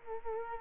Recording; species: mosquito wingbeat signal from an infrared sensor; Culex quinquefasciatus